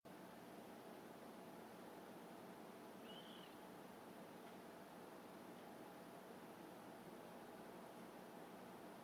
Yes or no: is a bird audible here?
yes